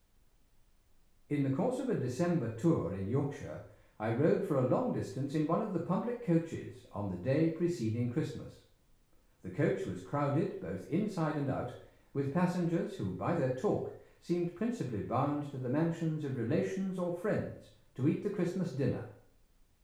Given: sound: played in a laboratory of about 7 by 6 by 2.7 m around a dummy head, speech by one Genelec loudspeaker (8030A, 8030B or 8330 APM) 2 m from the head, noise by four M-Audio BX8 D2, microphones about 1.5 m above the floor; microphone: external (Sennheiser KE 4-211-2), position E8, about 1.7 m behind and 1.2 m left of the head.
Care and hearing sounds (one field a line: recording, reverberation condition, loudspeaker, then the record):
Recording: male speech in English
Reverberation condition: medium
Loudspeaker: behind (180 degrees)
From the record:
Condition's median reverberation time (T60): about 510 ms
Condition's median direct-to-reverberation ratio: about -0.5 dB